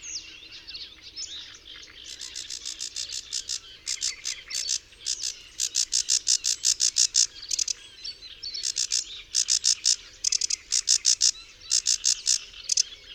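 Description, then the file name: Sedge warbler song, bursts of harsh repeated rattling notes delivered in quick trains, pausing briefly between bursts, over faint background noise. "Rokitniczka"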